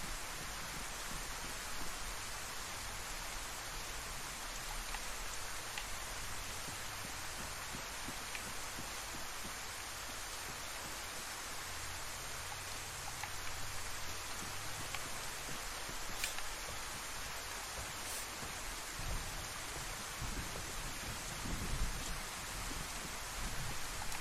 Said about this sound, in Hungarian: Én itt közben ázok az esőben, de annyi baj legyen.